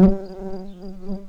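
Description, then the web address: Tree bumblebee buzzing: a steady low droning hum with a slightly wavering pitch, opening with a brief louder burst. Worker bumblebees. "bumblebees Hypnorum-workers"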